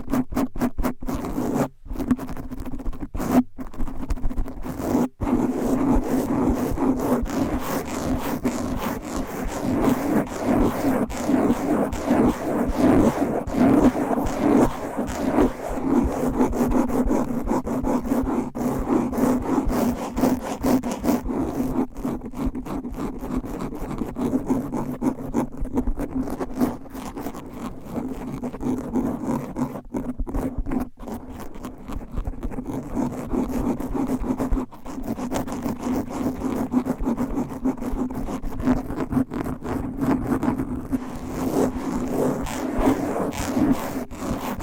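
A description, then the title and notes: Fingernails scratch and scrape rapidly across a microphone cover, a dense, nonstop rasp with quick strokes running the full length. A strong low-mid hum underlies the scratching, and brief dropouts near the start and around the midpoint break the steady, gritty texture. ASMR Fast & Aggressive Mic Scratching with 15 DIFFERENT MICS Covers & Nails No Talking.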